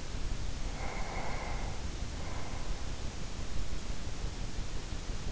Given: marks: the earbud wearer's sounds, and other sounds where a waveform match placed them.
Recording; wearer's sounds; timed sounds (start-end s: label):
sounds in sleep by an in-ear microphone; breath
0.59-3.23 s: breath